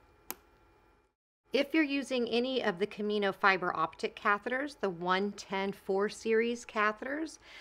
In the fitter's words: you'll line the arrows up and it simply clicks into place if